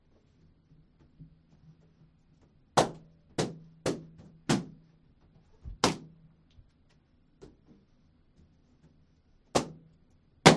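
Balloons are popped one at a time, each burst a sharp, bright crack that dies away quickly. A quick run of five pops comes in the first half, then a few more spaced farther apart, with a final one at the end. A low, steady hum sits underneath throughout.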